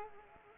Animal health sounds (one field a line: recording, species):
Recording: mosquito wingbeat signal from an infrared sensor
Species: Anopheles arabiensis